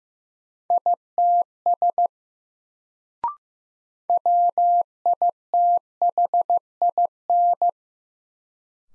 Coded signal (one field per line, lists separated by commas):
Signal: Morse code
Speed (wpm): 15 wpm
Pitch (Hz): 700 Hz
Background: none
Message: ITS WITHIN